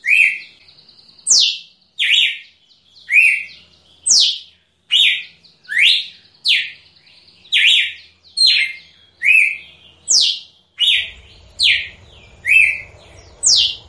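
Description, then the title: Red-cowled cardinal song: a brisk run of sharp whistled notes, falling slurs mixed with steadier tones, steadily repeated, with faint low rumble late on. Female; singing in nature. "Canto Galo Campina Fêmea. Galo de Campina Cantando na Natureza ( Canto de Pássaros )"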